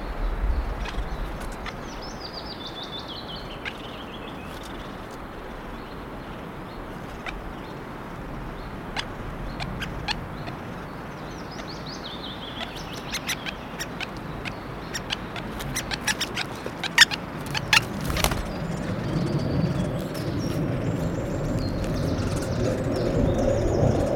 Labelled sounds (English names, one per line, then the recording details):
Great Spotted Woodpecker call
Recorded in the wild
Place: Sassnitz, Insel Rügen, Mecklenburg-Vorpommern, DE
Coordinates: 54.516, 13.633
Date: 1975-05-31
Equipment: Nagra III BH, Sennheiser MD 21, parabola
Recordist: Schubert, Michael